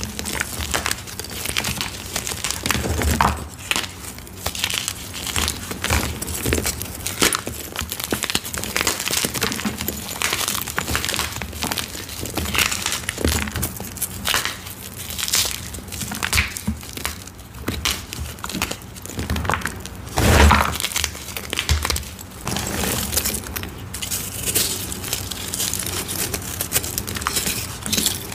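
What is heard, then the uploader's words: Gym chalk blocks are crushed, giving dense, crunchy crackling that continues for the whole stretch. Sharp brittle snaps and crumbles come in quick irregular bursts, with a louder crunch around twenty seconds, and a faint low hum underneath. EVERY Citric Acid Dyed Gym Chalk Crush I've Done So Far! Satisfying crunchy sounds of gym chalk blocks being crushed by attractive hands.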